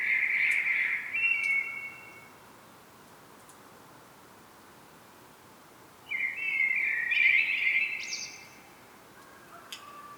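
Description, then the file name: Common blackbird with two warm, whistled phrases about five seconds apart, the second finishing in a higher, thinner twitter, with a quiet background between. "Turdus merula"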